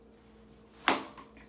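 The release handle on a Sibby travel system stroller is pulled and the infant car seat is lifted off the stroller frame, releasing with a sharp clack at 0.9 s. Two fainter knocks follow at about 1.2 s and 1.4 s over a low steady hum, and the car seat comes free of the stroller.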